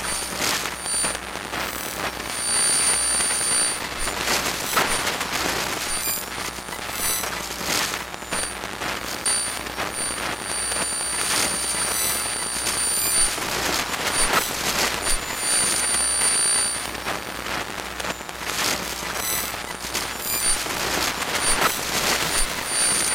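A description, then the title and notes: Electromagnetic fields from a phone and small electronic devices, made audible as a dense, steady hiss full of fine crackling. High thin whining tones cut in and out in stretches, around 2, 9 and 15 seconds, over a faint low hum. The EMF Turntable is an interactive sound sculpture by Shaughn Martel that amplifies the electromagnetic fields generated by mobile phones and other small electronic devices. By spinning the turntable and using the touch screens, Shaughn Martel modified the waveform of the electromagnetic field and the resulting sound material emitted from the EMF Turntable.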